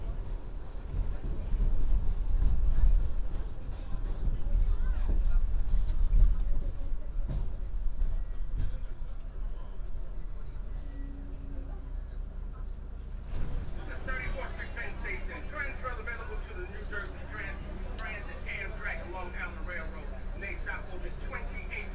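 Recorded aboard a local subway train, with a heavy low rumble from the moving car that swells over the first seven seconds and then eases. Around thirteen seconds the sound turns brighter, with a crowd of voices chattering over the steady hum.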